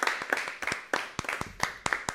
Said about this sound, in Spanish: Un fuerte aplauso.